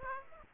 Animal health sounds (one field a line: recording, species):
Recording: mosquito wingbeat signal from an infrared sensor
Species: Aedes aegypti